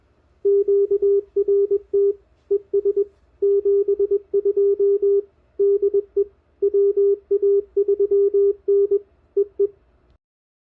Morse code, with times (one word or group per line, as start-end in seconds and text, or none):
0.5-2.1 QRT
2.5-3.0 ES
3.4-5.2 72
5.6-6.2 DE
6.6-9.0 WA3N
9.4-9.7 EE